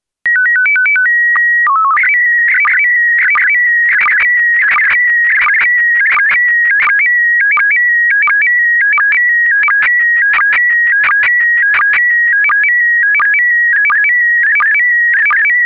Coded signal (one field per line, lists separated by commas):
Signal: SSTV (slow-scan television)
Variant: PD 90